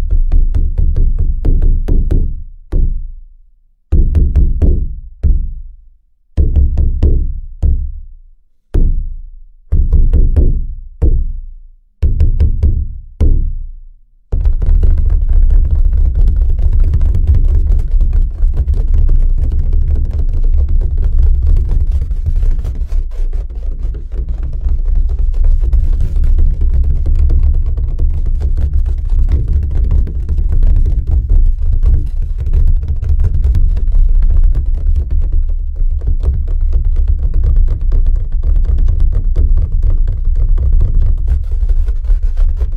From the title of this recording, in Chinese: 敲鼓声